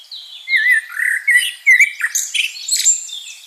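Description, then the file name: Common blackbird song: low, mellow warbled notes that run into a tangle of high, scratchy twittering. "Turdus merula"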